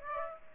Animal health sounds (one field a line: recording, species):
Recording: mosquito wingbeat signal from an infrared sensor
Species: Aedes aegypti